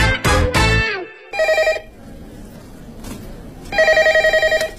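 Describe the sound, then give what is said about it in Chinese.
A telephone rings at the Quanxin Co., Ltd. office in two bursts of rapid, trilling electronic tones separated by a short quiet gap, after a few loud, sharp tonal blasts at the start. “接电话呢。”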